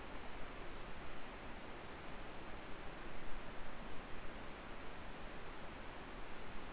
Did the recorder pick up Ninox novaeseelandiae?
no